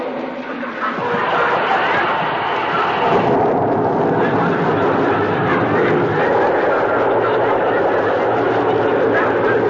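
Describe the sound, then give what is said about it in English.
One tablespoon of soothing syrup fizzing loudly in a glass of water, a dense, roaring hiss that swells within the first second and then holds steady and unbroken for several seconds. “I just pour one tablespoon of this soothing syrup into this glass of water. Uh-huh. There. Now, listen to it. Fizz.”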